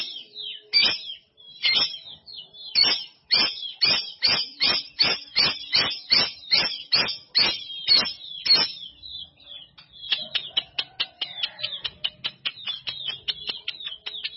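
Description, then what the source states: Canary song: long series of loud sharp chipping notes repeated quickly, then a faster run of thin high ticking notes. Kenari Jawara canary; Indonesian master song used for training birds.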